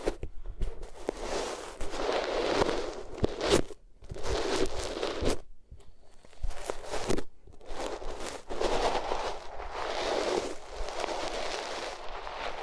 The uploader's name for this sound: Rubbing Your Ears on Different Materials